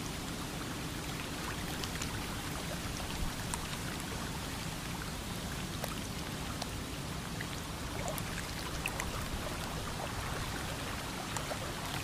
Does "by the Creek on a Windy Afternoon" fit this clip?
yes